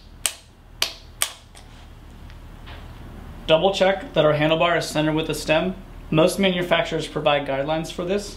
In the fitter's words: clockwise until you hear a click